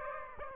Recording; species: mosquito wingbeat signal from an infrared sensor; Aedes aegypti